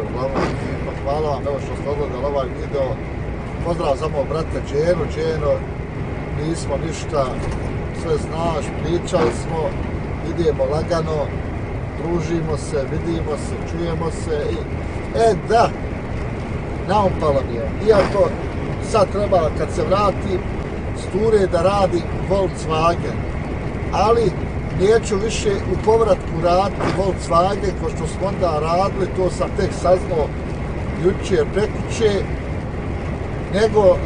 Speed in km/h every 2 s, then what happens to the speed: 87, 87, 87, 87, 87, 87, 88, 87, 87, 87, 87, 87, 87, 87, 87, 88, 87.
0-34 steady at about 87.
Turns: none.